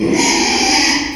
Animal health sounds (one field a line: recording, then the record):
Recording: squeal of a Yucatan mini pig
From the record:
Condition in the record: after surgery on the right vocal fold (resection and tissue-engineered implant)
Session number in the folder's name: 2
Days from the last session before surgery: 13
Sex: male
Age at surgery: 12 weeks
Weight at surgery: 13 kg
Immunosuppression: cyclosporine, prednisolone